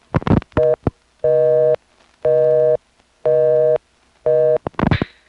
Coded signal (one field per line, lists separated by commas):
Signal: telephone call progress tone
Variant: North America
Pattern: busy tone